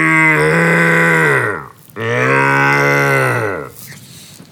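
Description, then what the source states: Red deer stag roaring: two long, deep, moaning bellows with rich harmonics, each about one and a half seconds, separated by a brief pause. Red stag roar during the rut, given in place of an elk's bugle; likened to a cross between a beef cow's moo and a lion.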